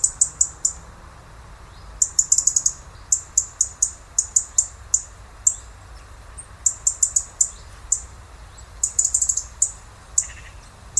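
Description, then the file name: European robin uttering rapid high tick notes, often doubled or tripled, in an almost continuous irregular series over a low rumbling background. "Erithacus rubecula"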